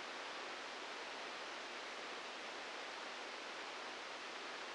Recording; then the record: brain microelectrode recording played as sound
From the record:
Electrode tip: outside the subthalamic nucleus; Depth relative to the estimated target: 4 mm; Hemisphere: right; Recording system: NeuroSet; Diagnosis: Parkinson's disease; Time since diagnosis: 15 years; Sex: female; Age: 59 years